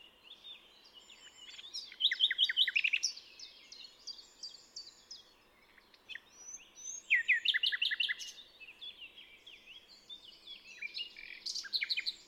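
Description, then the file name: Common nightingale song in bursts: loud rapid repeated notes and trills around two and seven seconds, then a further phrase near the end, with softer phrases between. "Luscinia megarhynchos"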